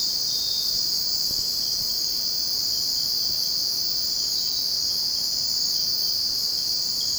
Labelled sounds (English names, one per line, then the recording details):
none
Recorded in secondary vegetation near Puerto Asís, Putumayo, Colombia, on 19 February 2024 at 05:00
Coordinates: 0.489, -76.322
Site G6419